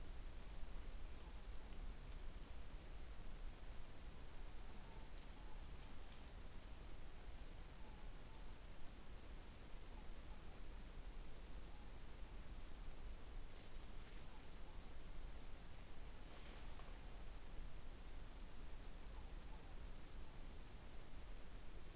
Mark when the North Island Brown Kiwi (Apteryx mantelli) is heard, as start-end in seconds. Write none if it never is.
none